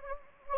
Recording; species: mosquito wingbeat signal from an infrared sensor; Anopheles gambiae